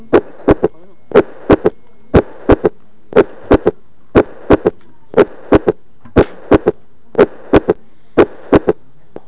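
Regular heartbeat near 60 per minute in an adult, with a third heart sound just after the second: an S3 gallop, a sign of ventricular overload.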